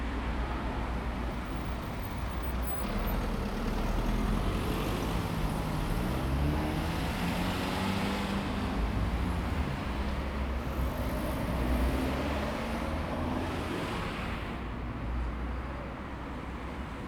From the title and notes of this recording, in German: Als nur noch normale Autos am Haus meiner Freundin vorbeigefahren sind hab' ich beschlossen, auch die zu dokumentieren: Ein wenig klingen die nach schlafenden Drachen...